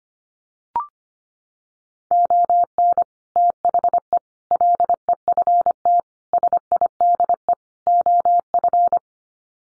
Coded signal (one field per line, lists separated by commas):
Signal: Morse code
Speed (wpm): 25 wpm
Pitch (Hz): 700 Hz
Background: none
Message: ON THE LEFT SIDE OF